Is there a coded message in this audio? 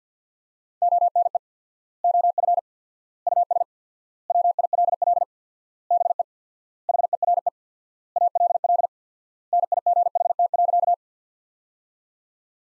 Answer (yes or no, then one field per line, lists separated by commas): yes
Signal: Morse code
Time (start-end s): 0.8-10.9 s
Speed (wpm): 46 wpm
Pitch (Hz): 700 Hz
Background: none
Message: ONE OF US WILL BE HERE ALL NIGHT.